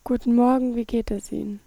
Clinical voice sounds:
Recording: spoken sentence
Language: German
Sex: female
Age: 20 to 29 years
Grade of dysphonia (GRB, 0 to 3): 1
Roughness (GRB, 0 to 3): 1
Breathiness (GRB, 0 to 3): 1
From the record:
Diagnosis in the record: hyperfunctional dysphonia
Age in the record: 21 years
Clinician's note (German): Ponogen, mit Phonationsverdickungen bds

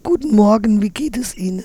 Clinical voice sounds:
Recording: spoken sentence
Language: German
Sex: female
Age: 40 to 49 years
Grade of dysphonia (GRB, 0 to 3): 3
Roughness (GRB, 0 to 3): 1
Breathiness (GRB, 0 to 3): 3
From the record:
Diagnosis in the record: Reinke's edema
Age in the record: 43 years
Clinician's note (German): Zustand nach Ödemabtragung, Komplikation: Zungengrundschwellung

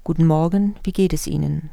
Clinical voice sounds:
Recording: spoken sentence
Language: German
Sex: female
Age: 50 to 59 years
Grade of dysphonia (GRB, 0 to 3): 0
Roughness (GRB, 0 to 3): 0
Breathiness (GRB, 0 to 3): 0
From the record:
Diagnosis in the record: functional dysphonia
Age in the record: 58 years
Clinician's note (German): Mit Neuralgie N. laryngeus superior (abklingend)

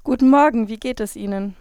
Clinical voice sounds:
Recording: spoken sentence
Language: German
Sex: female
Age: 20 to 29 years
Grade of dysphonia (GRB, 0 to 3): 0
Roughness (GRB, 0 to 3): 0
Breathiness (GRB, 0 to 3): 0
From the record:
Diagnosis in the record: healthy voice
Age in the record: 22 years

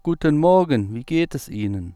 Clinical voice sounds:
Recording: spoken sentence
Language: German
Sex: male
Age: 40 to 49 years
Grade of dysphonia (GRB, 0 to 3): 1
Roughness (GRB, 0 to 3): 0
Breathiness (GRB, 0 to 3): 0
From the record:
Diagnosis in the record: healthy voice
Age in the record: 41 years

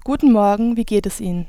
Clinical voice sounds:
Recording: spoken sentence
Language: German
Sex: female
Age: 20 to 29 years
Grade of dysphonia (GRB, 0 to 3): 0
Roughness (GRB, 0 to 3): 0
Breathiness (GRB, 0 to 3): 0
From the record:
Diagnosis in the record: healthy voice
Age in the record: 20 years

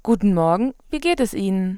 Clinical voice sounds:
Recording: spoken sentence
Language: German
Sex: female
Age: 20 to 29 years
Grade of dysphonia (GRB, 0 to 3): 0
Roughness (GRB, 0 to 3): 0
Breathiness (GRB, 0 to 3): 0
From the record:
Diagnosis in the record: healthy voice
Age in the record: 23 years

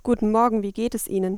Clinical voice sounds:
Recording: spoken sentence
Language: German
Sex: female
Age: 20 to 29 years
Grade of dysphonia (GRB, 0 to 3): 0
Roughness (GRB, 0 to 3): 0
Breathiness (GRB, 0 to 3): 0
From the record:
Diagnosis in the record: healthy voice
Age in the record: 20 years

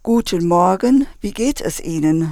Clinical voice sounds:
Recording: spoken sentence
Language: German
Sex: female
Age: 50 to 59 years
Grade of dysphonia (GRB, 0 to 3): 2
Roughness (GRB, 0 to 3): 2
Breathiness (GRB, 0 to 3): 1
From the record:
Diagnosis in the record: hyperfunctional dysphonia, Reinke's edema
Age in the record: 59 years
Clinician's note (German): Zustand nach Abtragung

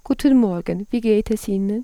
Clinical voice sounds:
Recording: spoken sentence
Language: German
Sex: female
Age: 30 to 39 years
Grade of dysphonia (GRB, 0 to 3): 0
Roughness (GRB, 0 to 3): 0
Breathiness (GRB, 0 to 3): 0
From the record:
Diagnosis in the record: dysodia (singing voice disorder)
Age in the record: 38 years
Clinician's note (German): Überlastungssyndrom bei ausgebildeter Sopranstimme

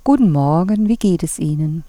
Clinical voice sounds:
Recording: spoken sentence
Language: German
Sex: female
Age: 50 to 59 years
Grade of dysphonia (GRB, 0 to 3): 2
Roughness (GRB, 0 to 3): 0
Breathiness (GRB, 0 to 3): 2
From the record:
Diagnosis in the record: dysphonia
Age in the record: 51 years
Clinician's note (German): Ponogen und phonasthetisch

